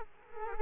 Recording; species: mosquito wingbeat signal from an infrared sensor; Culex quinquefasciatus